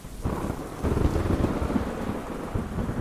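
Steady heavy rain pours down with a dense, hissing wash, while deep rumbling thunder rolls underneath throughout. No voices are heard.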